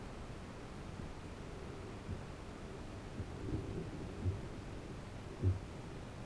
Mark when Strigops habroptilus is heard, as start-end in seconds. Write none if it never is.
4.03-5.61